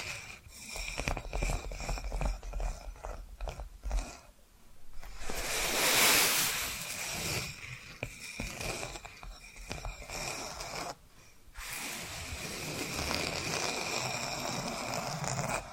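Tapping and scratching sounds run on with a busy, crackly texture full of quick clicks. A louder, hissing swell of scratching builds around six seconds, and the sound drops out briefly near four and eleven seconds before resuming steadily.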